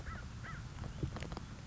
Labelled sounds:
American Crow (Corvus brachyrhynchos)
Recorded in Sonoma County, California

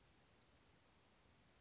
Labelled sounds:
Western Flycatcher (Empidonax difficilis)
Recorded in Sonoma County, California

